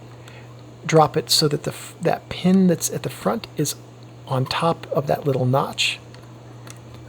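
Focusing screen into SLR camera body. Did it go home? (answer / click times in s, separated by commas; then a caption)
yes / 6.7 s. An interchangeable focusing screen is angled into a Nikon F3 SLR camera body with its front pin over the notch while someone talks. It is pushed until it slides and clicks into place, with the click at 6.7 s after the talking stops.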